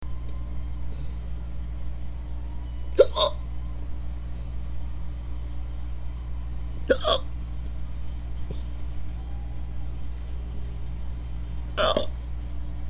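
Three sharp, abrupt, deliberately induced hiccups from an adult, about four to five seconds apart, over a low steady hum.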